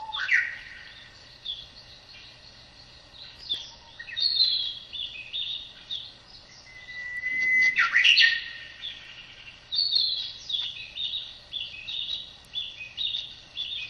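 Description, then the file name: Narcissus flycatcher song: bright warbled phrases of quick high notes, repeated every few seconds over faint background noise. "キビタキの囀り"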